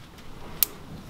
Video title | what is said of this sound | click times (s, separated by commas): #MTBPlanB DIY front brake pads and sensor on 2017 BMW X1 xdrive 2.8 F48 | there we go so you heard that click make sure nothing's wrong with | 0.6 s